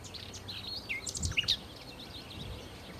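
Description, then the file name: Common nightingale song, varied warbled and whistled notes with a few louder sharp notes in the middle, over faint low background rumble. "Nachtigall"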